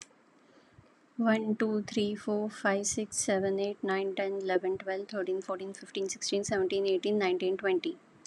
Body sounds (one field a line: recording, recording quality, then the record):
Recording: counting at a normal pace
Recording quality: excellent, no background noise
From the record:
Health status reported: healthy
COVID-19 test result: not tested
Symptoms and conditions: none ticked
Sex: female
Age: 40 years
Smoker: not ticked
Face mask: not worn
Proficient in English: yes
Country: India